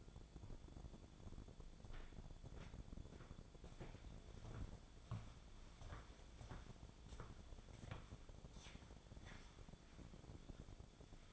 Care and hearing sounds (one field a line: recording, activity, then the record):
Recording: daily activity, microphone in the room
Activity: walk to room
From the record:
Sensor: 5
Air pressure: 1000.0 hPa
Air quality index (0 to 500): 86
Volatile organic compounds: 1 ppm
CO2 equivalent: 714 ppm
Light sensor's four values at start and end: 409/1011/425/477 and 409/989/424/479